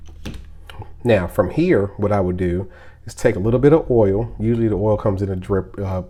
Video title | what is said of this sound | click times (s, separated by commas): Springfield XD-S Stainless 9mm Unboxing & Field-striping | You're going to hear it click, and you'll feel it click. | 0.7 s